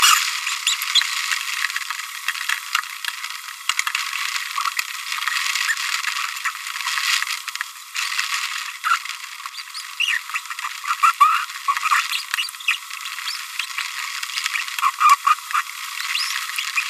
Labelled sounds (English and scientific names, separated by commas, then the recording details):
Green-rumped Parrotlet (Forpus passerinus) babbling
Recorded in a nest box in Venezuela
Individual 18B25A5